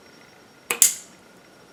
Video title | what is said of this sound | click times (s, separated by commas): How to install a 3 piece Kohler faucet | can hear it click there | 0.7 s, 0.8 s